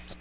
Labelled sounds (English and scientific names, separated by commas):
Magnolia Warbler (Setophaga magnolia) flight call